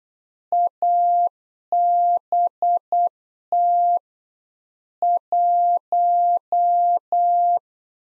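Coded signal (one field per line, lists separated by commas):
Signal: Morse code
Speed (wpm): 8 wpm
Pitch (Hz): 700 Hz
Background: none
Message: ABT 1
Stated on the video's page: Practice QSO lesson at 8 wpm, information segment (ham experience, age, occupation) sent in Morse for head-copy.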